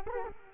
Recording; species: mosquito wingbeat signal from an infrared sensor; Culex quinquefasciatus